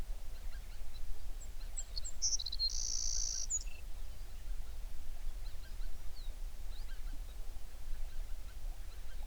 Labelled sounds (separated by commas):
songbird, waterfowl